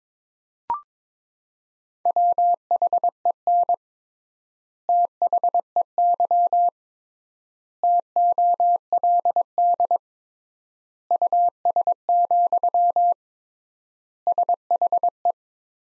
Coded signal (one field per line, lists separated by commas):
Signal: Morse code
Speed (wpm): 22 wpm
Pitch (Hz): 700 Hz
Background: none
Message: WHEN THEY TOLD US, SHE